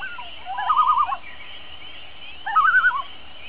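Loon giving two quavering, rapidly wavering trills, each under a second long, separated by a short pause against low steady background noise.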